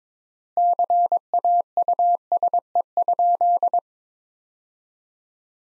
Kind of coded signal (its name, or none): Morse code